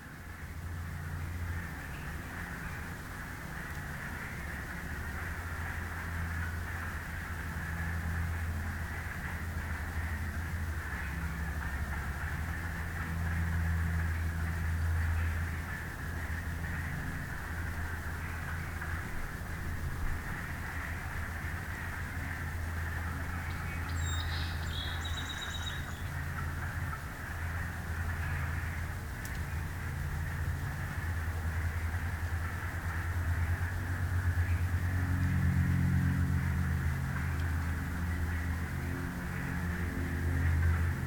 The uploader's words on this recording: This morning we'll be taking a walk through the Beverly Swamp, listening for spring arrivals, and emerged frog species.